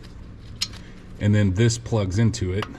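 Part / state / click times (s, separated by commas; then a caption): knock sensor harness plastic clip onto intake manifold / seated / 0.6 s. A small plastic clip on a new knock sensor harness is pushed onto the intake manifold and snaps into place with a sharp click at 0.6 s. After the click, someone talks.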